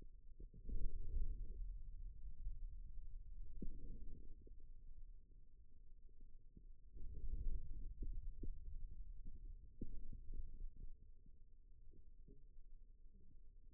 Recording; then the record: forearm muscle sounds (acoustic myography)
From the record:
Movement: radial deviation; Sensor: system 2, bracelet of six BSWA MPA416 microphones around the upper forearm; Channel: 1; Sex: male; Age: 22 years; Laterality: right